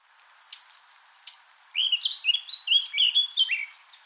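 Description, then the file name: Eurasian blackcap song: two brief clicks, then a lively run of warbled and fluty notes lasting over two seconds, rising and falling quickly. "Sylvia atricapilla"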